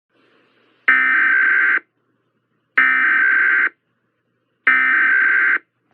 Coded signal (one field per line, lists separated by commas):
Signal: Emergency Alert System (SAME) tones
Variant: header bursts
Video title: EAS Mock, Winter Wishday Blizzard (READ PINNED COMMENT)